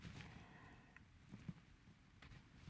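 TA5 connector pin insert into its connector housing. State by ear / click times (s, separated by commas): not seated / none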